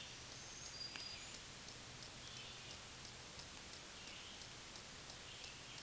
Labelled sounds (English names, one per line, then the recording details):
Black-throated Green Warbler song
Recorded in a Pennsylvania forest on 1 June 2023 at 08:59
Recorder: AudioMoth, point grid3_38_low
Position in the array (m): 216 m, 140 m